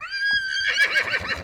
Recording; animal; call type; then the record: contact call of a hoofed animal; Przewalski's horse; whinny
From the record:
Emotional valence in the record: negative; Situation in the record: group separation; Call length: 1.43 s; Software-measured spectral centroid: 3050 Hz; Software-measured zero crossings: 4130 a second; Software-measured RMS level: -23 dBFS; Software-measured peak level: -11 dBFS